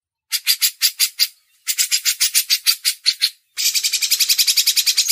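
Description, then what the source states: Grey-cheeked bulbul: slower, spaced, scratchy notes at first, then a dense, fast run of buzzy pulses. Masteran tutoring recording.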